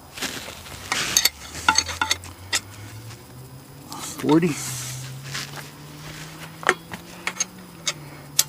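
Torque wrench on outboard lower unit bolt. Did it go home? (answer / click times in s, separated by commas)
yes / 8.4 s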